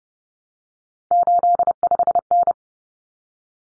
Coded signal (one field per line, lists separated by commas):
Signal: Morse code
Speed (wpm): 30 wpm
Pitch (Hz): 700 Hz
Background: none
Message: 85N